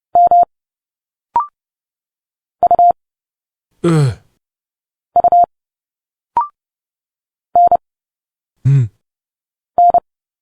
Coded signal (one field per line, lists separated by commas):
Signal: Morse code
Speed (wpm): 30 wpm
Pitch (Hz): 700 Hz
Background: none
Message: M U U N N